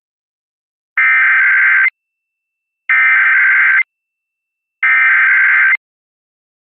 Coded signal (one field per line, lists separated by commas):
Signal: Emergency Alert System (SAME) tones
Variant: header bursts